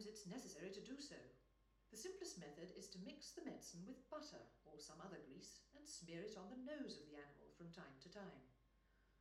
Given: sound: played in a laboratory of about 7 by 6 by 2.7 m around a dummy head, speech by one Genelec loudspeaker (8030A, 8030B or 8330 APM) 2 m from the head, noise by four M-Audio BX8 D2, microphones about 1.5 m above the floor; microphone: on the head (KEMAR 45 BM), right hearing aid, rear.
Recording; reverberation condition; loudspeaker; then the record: female speech in English; medium; 60 degrees to the right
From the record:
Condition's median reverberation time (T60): about 510 ms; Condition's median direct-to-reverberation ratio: about -0.5 dB